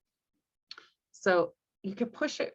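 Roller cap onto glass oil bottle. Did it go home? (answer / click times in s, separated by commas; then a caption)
yes / 0.7 s. A plastic roller cap or insert is pushed onto a glass essential-oil bottle and snaps in with a sharp click at 0.7 s, followed by a fainter tick just after. Someone then talks, and the cap is seated.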